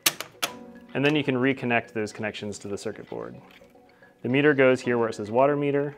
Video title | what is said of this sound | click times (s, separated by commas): Rebuilding a CSI Commercial Legacy View Bluetooth Control Valve | Go ahead and snap it into place onto the back plate. | 0.1 s